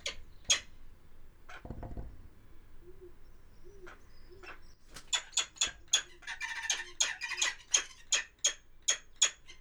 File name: Lanner falcon